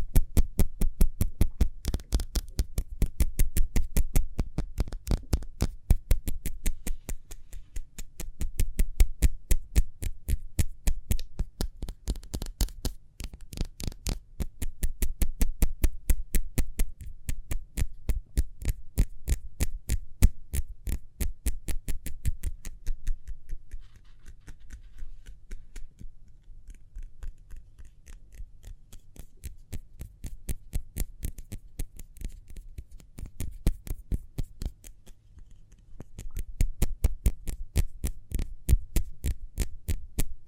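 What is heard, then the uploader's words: Speedy hand sounds: a rapid, dense stream of sharp taps and rubs, many per second, over a low rumbling undertone. Around the middle the taps thin out and soften, with a brief pause near 35 seconds before the quick, crisp rhythm returns. ASMR Speedy Hand Sounds (No Talking).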